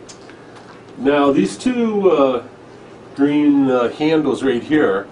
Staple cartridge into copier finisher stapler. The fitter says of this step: When you're done, you simply put this in like so, and it clicks right in place.